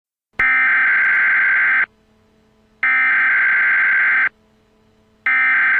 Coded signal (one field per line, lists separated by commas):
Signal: Emergency Alert System (SAME) tones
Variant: header bursts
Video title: EAS Scenario Story #9: Zuma's Courage Part 1